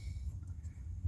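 The electrical connection on a replacement fuel pump housing for a 2001–2005 Honda Civic LX is being handled and pushed down, with only low rumbling handling noise heard. Nothing has seated or clicked yet. A click is what shows the connection is good to go.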